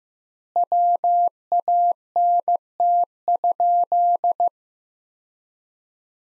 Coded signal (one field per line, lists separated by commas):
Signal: Morse code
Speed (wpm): 16 wpm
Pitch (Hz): 700 Hz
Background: none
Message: WANT?